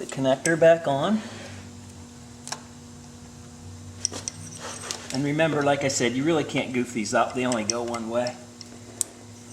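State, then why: Seated. A plastic electrical sensor wiring connector is pushed back onto the removed sensor on a steel-frame Victory motorcycle, during the installation of Lloyds Torque Tubes. Someone talks while a few faint ticks and taps sound in between. The connector clicks in and seats at 9.0 s with a sharp, bright click.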